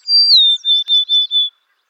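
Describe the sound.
Golden-crowned sparrow song: a clear high whistle stepping down to a lower held tone, followed by four short repeated notes.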